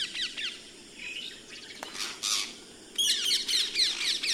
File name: Martin triste